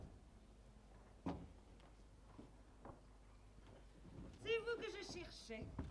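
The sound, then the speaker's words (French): A door opens with a sharp click and a brief thud, followed by a few faint knocks and creaks. Toward the end, a voice speaks briefly. “On ouvre cette porte.”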